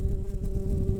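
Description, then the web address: Brown-banded carder bee buzzing, a steady low drone with a sustained hum and rough, fluttering low rumble throughout. Workers. "Humilis workers"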